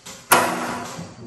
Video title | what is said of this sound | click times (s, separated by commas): Luis’s Single Cab Built Completed | gonna latch it on | 0.3 s